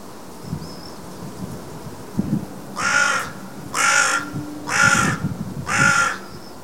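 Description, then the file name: Carrion crow cawing four times in a steady series about once per second, after a few soft rustles and low thumps; a faint high note sounds early on. "Corvus corone"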